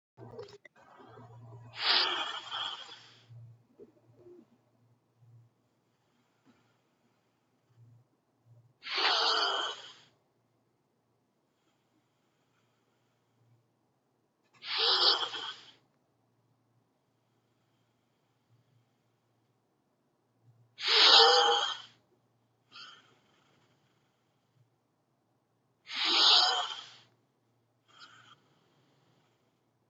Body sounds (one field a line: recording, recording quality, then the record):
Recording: deep breathing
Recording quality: excellent, no background noise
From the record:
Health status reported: healthy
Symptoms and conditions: none ticked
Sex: male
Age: 53 years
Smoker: not ticked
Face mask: not worn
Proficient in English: yes